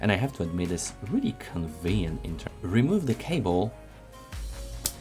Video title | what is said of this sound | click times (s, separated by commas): Fireflies X1L & X1S Review - Pocket Throwers with excellent design and drivers | and the charging cover just snaps into place, which is extremely convenient in my view, not | 4.9 s